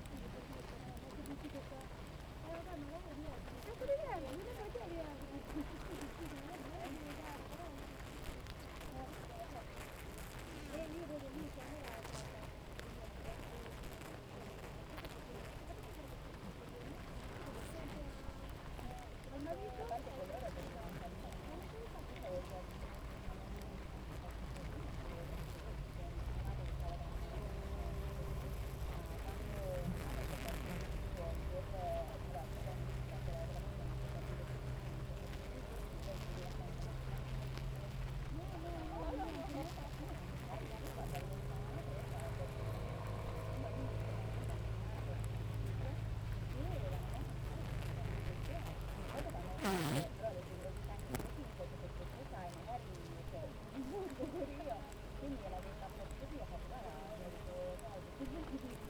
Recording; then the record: honeybee colony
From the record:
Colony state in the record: active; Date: 28 July 2017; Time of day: 7:35